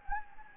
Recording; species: mosquito wingbeat signal from an infrared sensor; Anopheles gambiae